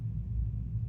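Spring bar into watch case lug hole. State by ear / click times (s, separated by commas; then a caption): not seated / none. A spring bar on a watch strap is compressed and moved around between the steel lugs of a watch case, trying to find the lug hole. Only a steady low rumble is heard, with no sharp sounds. Nothing has seated or clicked yet.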